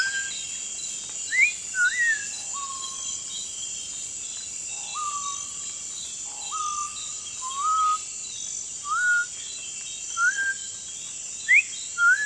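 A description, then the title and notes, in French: Dawn in the Amazon rainforest, with a dense, steady, high-pitched insect drone running throughout. Over it, short clear whistled calls repeat every second or so, mid-pitched, some sliding upward, some held flat. Aube en forêt. L'éveil de la faune. Le jour se lève dans la forêt amazonienne.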